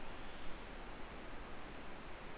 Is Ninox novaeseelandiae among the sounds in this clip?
no